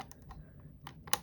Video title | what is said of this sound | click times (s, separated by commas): Ultra Power UP200 DUO Tutorial | have a positive click when you plug it in | 1.1 s